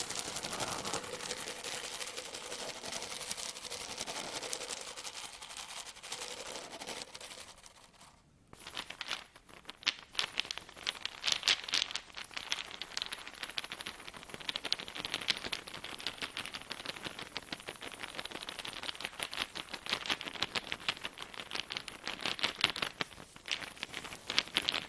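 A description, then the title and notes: Shaking sounds fill the recording as a dense, fast rattle of small hard clicks and taps. The first eight seconds are softer and rougher, then a brief near-silent gap comes before a brighter, more even stretch of rapid shaking that continues steadily to the end. ASMR Sounds of shaking (NO TALKING).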